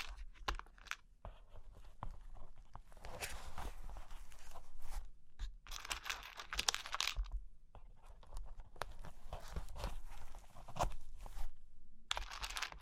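Cork and wood are tapped, scratched and traced by hand, giving a busy run of dry knocks and rough rubbing strokes that come in irregular bursts. Short silent gaps break the activity near five, seven and twelve seconds, and a low steady rumble sits underneath.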